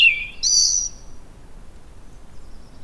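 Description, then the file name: European robin giving a brief phrase: a slightly falling note followed by a higher, thinner note, then quiet. "Erithacus rubecula"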